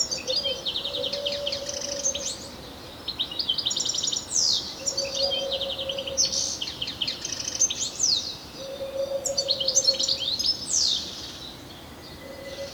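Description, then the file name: European Goldfinch delivering several lively bursts of tinkling and buzzy notes, with an intermittent low tone. "Carduelis carduelis"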